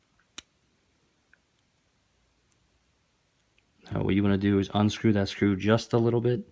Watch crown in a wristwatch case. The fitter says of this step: you hear it click now